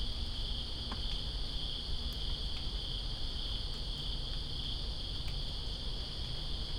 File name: Greensboro Crickets And Rain September 02 2017